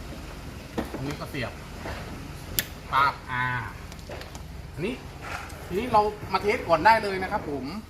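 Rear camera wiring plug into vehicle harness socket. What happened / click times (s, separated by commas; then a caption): The plastic wiring plug snapped into its lock / 2.6 s. A rear camera's plastic wiring plug is pushed into its socket in the vehicle harness while the camera is fitted to a 2020 Mazda CX-3. Someone talks throughout, and a sharp tick at 2.6 s marks the plug clicking into its lock, seated.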